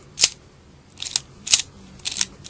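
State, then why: Not seated. Someone tries to attach the plastic light-up Mech Tech weapon to the mount on a Transformers Prime RiD Voyager Dreadwing action figure. Bright, crisp plastic clatters from handling come in short bursts near 0.2, 1.0–1.2, 1.5 and 2.1–2.2 seconds. Nothing locks in or clicks; the weapon fails to seat.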